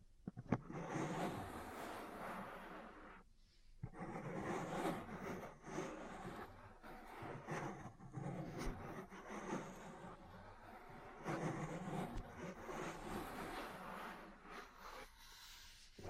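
Ear cleaning and massage sounds, a dense crackly rustling with sharp taps, brief pauses near four and fifteen seconds, otherwise steady throughout.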